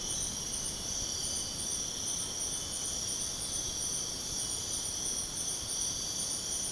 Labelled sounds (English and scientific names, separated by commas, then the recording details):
none
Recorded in pastures near Puerto Asís, Putumayo, Colombia, on 29 June 2025 at 04:30
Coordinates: 0.496, -76.326
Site GP01